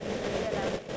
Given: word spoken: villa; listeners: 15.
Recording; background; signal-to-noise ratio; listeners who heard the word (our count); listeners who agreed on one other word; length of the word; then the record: one English word in noise, from a listening test; noise modulated by three-talker babble; -6.7 dB; 1 of 15; 6 of 15; 0.57 s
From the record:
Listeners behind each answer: 6, 2, 1, 1, 1, 1, 1, 1, 1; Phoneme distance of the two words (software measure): 10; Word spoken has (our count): 2 syllables, 4 phonemes, stress on syllable 1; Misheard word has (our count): 2 syllables, 4 phonemes, stress on syllable 1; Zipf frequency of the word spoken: 4.05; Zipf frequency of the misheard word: 3.54